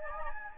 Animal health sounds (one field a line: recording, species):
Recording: mosquito wingbeat signal from an infrared sensor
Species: Anopheles gambiae